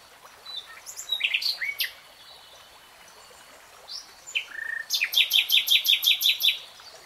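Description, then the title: Nightingale song: scattered sharp whistled notes, a pause, then a quick run of rhythmic repeated chirps about eight times in a row. Three-hour real-time recording. "[Tiếng chim hót] REALTIME Nightingale Singing"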